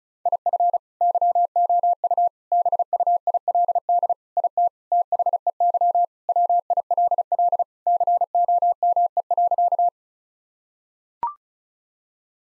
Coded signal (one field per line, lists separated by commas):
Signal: Morse code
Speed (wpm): 36 wpm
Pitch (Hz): 700 Hz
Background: none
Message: IF YOU BUILD IT THEY WILL COME.